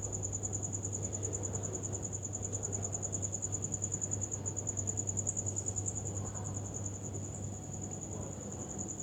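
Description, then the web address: Crickets trilling continuously, a thin, high pulsing note held evenly throughout, with a low background hum underneath. "muhammad 384. Crickets"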